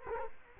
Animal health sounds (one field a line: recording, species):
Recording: mosquito wingbeat signal from an infrared sensor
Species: Culex quinquefasciatus